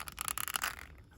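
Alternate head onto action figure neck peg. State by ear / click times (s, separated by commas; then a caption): not seated / none. An alternate plastic head is pressed onto the neck peg of a Batman action figure from The Dark Knight Returns Collector Edition 22, producing a quick run of short, sharp plastic scrapes and ticks between about 0.2 and 0.6 seconds. No snap is heard, and the head has not seated on the peg.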